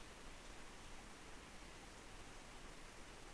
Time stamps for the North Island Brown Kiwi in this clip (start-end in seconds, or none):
none